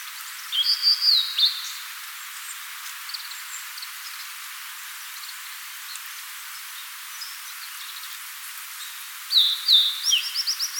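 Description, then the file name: Blue-and-white flycatcher song: two clear whistled phrases of sliding notes near the start and the end, with a faint hiss between. "Cyanoptila cyanomelana"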